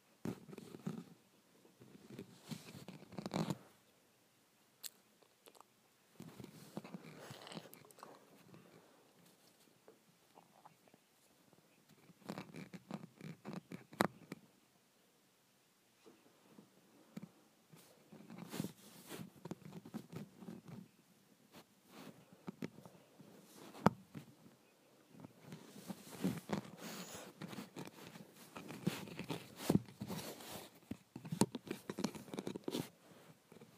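Scratching on a window comes in bursts of rough, rasping strokes, clustered in busy runs with short quiet gaps between them, notably around five and fifteen seconds. The strokes are dry and hissy, some sharp clicks stand out, and the busiest stretch comes near the end.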